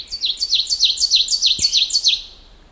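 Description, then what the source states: Ovenbird song: a rapid series of high, sharp two-note phrases, each dropping in pitch, repeated steadily. Bear Head Lake, Minnesota, USA, on 16 May 2011.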